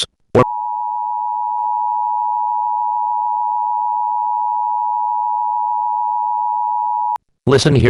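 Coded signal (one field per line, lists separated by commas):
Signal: Emergency Alert System (SAME) tones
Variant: 853 and 960 Hz attention tone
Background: speech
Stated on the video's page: Simulated mock alert containing valid alert tones.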